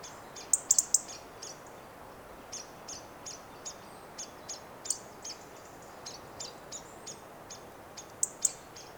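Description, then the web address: European robin calls, sharp high ticks in small clusters scattered throughout, over a steady run of soft, faint high notes and a hiss. "SETE data Erithacus rubecula 291003"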